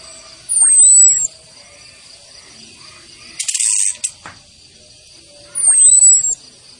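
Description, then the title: Thrush repeating a piercing, downslurred whistle twice, with a harsh crackling chatter burst in between. Female whistles and chattering calls, used to make thrushes sing vigorously. "Anis Kembang Gacor. Suitan betina dan kretekan bikin anis kembanganis merah GACOR"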